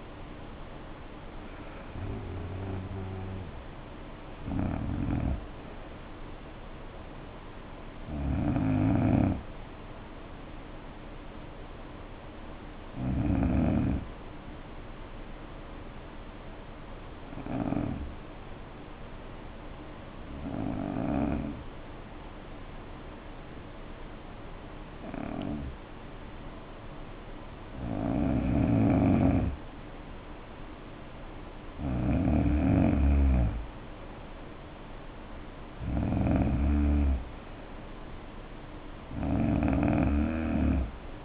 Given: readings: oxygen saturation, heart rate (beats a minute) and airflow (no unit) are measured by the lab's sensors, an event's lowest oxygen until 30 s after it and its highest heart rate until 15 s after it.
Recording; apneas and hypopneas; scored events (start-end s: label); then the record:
breathing in sleep by a voice recorder at the bedside; 1
14.00-29.10 s: hypopnea (N2, oxygen 95% highest, then 85% lowest, heart rate 60 at the start, 68 highest)
From the record:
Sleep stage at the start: N2 (light sleep); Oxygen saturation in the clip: 79 to 95%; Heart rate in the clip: 57 to 77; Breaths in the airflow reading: 11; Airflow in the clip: -6.9 to 7.4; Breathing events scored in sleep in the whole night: 520 in 7.2 hours asleep